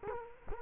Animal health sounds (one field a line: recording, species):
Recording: mosquito wingbeat signal from an infrared sensor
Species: Culex quinquefasciatus